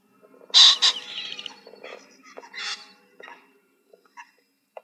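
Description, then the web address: Common pheasant crowing: a loud, harsh double burst, then a second rasping call two seconds later, followed by a few faint clicks and short notes. Recorded in the Weinviertel region, Austria. "Vogelstimmen Fasan Phasianus colchicus A-Weinviertel"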